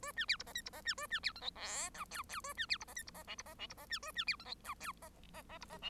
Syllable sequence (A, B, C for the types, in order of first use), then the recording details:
A B C D E F D E B A B C G H I J K K A B C D E F D E L D E L D E B A B C G H J K E E E D E L. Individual Bird1